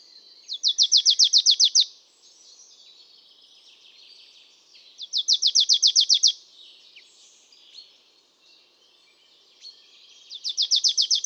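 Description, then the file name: Marsh tit repeating a fast series of high, sharp chipping notes three times, a few seconds apart, with faint twittering between bursts. "Poecile palustris"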